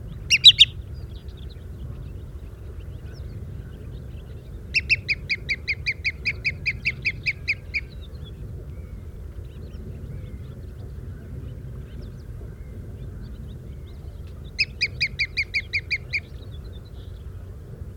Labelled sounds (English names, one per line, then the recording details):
Green Sandpiper call
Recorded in the wild
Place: Murighiol, Saratura Murighiol, Dobrogea, RO
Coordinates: 45.032, 29.15
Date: 1973-05-09
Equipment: Nagra III BH, Sennheiser MD 21, parabola
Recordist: Schubert, Michael